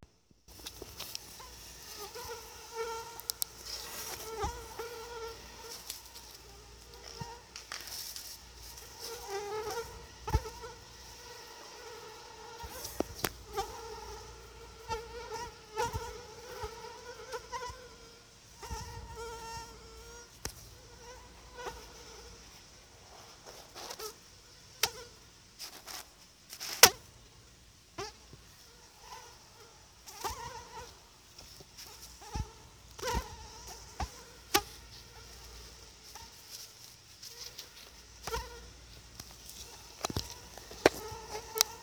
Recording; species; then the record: mosquito flight sound by mobile phone; Anopheles atroparvus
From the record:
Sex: female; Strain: EBRO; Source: CDC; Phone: Sony Xperia